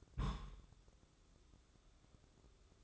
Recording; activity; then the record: daily activity, microphone in the room; place on stove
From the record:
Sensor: 3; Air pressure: 995.4 hPa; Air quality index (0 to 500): 85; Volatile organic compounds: 8 ppm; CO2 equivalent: 2067 ppm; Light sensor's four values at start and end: 26/79/33/28 and 26/79/33/28